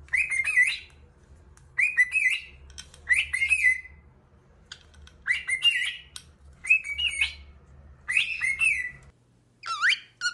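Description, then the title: Cockatiel whistling in six bright, wavering phrases, then a brief hush and one more sharp whistle at the end. Song used for training a pet cockatiel. "Canto De 1 Hora Para Treinar Calopsita"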